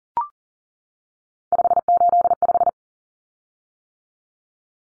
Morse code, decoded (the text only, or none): 585